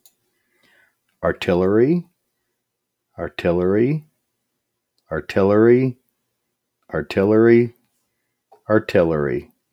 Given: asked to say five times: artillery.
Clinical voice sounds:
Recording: repeated word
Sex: male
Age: 40 to 49 years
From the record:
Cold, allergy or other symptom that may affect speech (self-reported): no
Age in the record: 43 years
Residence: Nebraska, United States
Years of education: 13

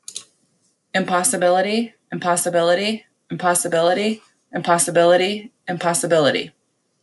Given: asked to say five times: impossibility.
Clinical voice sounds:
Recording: repeated word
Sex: female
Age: 30 to 39 years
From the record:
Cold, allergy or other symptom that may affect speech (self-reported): no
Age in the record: 35 years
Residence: United States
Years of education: 12

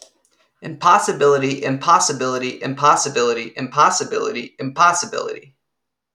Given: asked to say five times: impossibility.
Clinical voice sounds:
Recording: repeated word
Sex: female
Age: 30 to 39 years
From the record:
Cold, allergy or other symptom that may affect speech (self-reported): no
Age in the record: 33 years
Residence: Virginia, United States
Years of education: 16

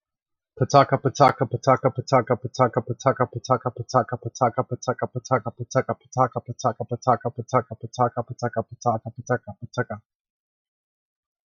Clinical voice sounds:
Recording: repeated syllables /pa ta ka/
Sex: male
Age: 30 to 39 years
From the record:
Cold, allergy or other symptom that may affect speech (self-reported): no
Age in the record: 34 years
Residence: Georgia, United States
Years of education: 14

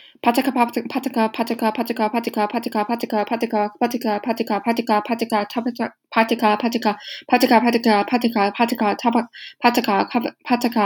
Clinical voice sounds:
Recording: repeated syllables /pa ta ka/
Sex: male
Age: 18 to 19 years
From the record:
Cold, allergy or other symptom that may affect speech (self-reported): no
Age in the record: 19 years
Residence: United States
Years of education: 13

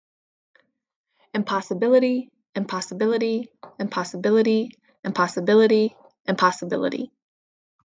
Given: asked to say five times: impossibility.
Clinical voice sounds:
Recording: repeated word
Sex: female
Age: 20 to 29 years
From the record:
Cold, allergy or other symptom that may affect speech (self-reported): no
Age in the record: 29 years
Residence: Pennsylvania, United States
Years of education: 16

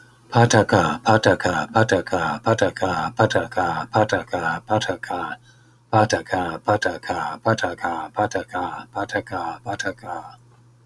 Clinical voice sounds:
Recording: repeated syllables /pa ta ka/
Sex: male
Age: 60 to 69 years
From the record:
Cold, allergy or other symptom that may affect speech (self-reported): no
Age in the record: 63 years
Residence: Iowa, United States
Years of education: 13

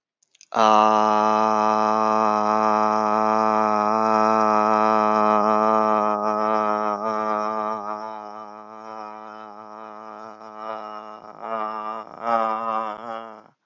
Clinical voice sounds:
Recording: vowel held as long as possible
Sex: male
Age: 50 to 59 years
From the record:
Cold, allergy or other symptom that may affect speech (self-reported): no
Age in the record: 57 years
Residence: Florida, United States

